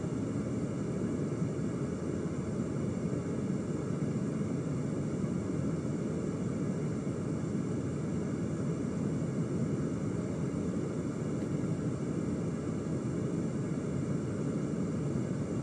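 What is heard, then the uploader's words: An air conditioner runs with a steady, dense low rumble and whooshing hum, unchanging throughout, with faint thin tones above. ASMR Air Conditioner.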